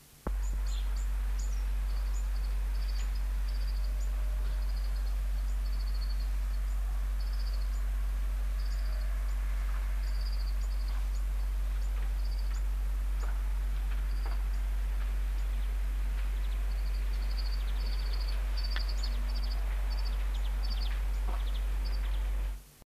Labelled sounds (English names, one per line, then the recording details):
Dunnock call
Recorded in the wild
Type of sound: call
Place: Hannover, Niedersachsen, DE
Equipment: Halbspur, 9,5 cm/s
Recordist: Lütgens, Hans
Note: Flügger mit lockendem Altvogel, beim Haus